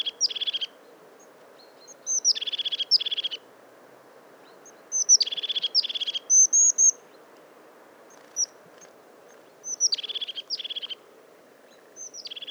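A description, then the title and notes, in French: Birds call in a mixed forest of conifers and oaks, with one bright voice repeating quick buzzy trills in short bursts every couple of seconds. Thin high whistles slip between the bursts. Underneath runs a soft, steady hiss of wind and sound. Matinée - Montagne du Puy - 1500m - Drôme - Nagra seven - Telinga pro7 stereo. Une forêt mixte de conifères et de chênes où se retrouve un nombre d'oiseaux étonnant pour la saison.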